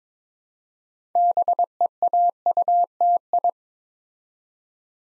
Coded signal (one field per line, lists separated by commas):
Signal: Morse code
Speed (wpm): 22 wpm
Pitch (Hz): 700 Hz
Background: none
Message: BEAUTI